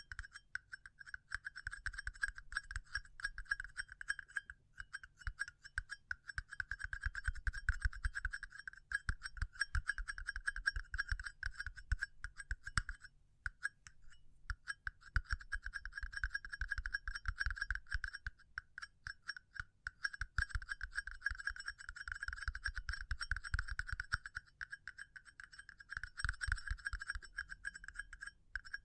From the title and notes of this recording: ASMR Pure Tapping Fast and Slow (No Talking).